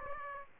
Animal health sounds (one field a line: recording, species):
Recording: mosquito wingbeat signal from an infrared sensor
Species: Aedes aegypti